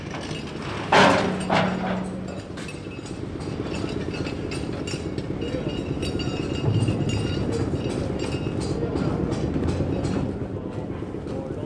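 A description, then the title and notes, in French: An everyday scene with a steady low rumble of traffic or a train, a sharp clatter near one second, and faint voices and taps throughout. Dakar – Du passé au présent. Certaines scènes de la vie quotidienne enregistrées dans les années 1970 à Dakar s’entendent encore aujourd’hui dans ses rues. Bruitages d’Afrique - Archives radiophoniques édité par la RTF. Il a été enregistré dans les années 1960 et 1970 par José Pivin, Pierrette Perrono et Christian Grelon.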